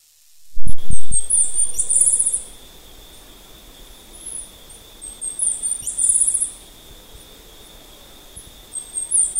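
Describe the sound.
Bird calls, high-pitched and rapidly stuttering, come in brief bursts a few seconds apart, with a constant high droning tone and a few low knocks near the start.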